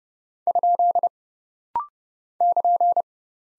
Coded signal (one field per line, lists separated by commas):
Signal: Morse code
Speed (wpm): 30 wpm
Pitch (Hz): 700 Hz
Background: none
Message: ? <KN>